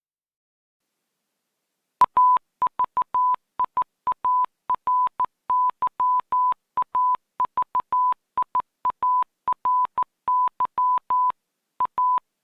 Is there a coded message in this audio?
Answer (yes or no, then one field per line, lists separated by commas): yes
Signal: Morse code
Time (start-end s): 2.0-12.2 s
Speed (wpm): 14 wpm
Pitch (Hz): 1000 Hz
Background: none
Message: AVIARY AVIARY A